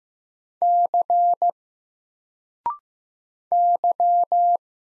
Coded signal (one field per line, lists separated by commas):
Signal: Morse code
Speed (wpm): 15 wpm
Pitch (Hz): 700 Hz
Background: none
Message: C Y